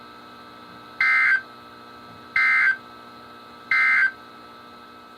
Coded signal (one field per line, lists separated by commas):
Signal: Emergency Alert System (SAME) tones